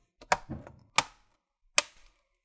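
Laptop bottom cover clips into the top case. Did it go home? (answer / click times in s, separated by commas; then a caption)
yes / 0.3 s, 1.0 s, 1.8 s. The plastic bottom cover of an Asus Vivobook X543B laptop is pressed down onto the top case after an HDD-to-SSD upgrade, with a soft rustle and handling thuds. Its remaining clips snap home with sharp plastic clicks at 0.3, 1.0 and 1.8 seconds, and the cover is seated.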